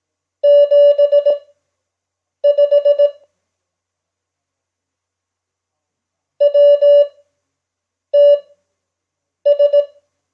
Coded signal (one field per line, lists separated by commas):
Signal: Morse code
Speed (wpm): 18 wpm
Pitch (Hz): 580 Hz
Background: none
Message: 75 WTS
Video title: Simulated Morse Code proficiency exam @5wpm